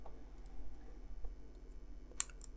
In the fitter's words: um keep holding it round you can hear it clicking into place when you're doing this